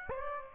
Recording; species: mosquito wingbeat signal from an infrared sensor; Aedes aegypti